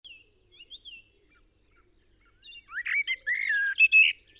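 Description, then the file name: Eurasian blackbird song: a few soft, faint notes first, then a loud run of low fluted whistles ending in a sharp, high twittering flourish. "Turdus merula"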